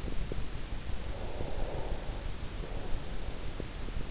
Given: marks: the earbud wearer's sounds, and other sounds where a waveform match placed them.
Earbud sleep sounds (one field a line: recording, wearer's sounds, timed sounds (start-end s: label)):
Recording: sounds in sleep by an in-ear microphone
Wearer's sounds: breath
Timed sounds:
1.03-3.62 s: breath